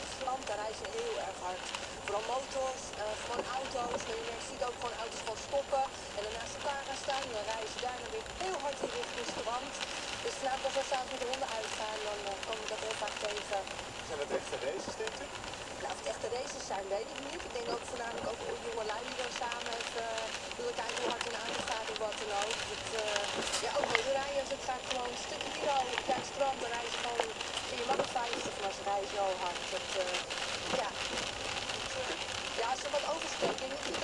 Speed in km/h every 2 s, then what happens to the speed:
0, 0, 0, 0, 0, 0, 0, 0, 0, 0, 0, 0, 0, 0, 0, 0, 0.
0-34 standing.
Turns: none.